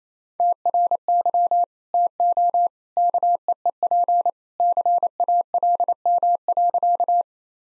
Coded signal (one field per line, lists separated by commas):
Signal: Morse code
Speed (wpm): 28 wpm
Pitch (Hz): 700 Hz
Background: none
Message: TRY TO KEEP CALM.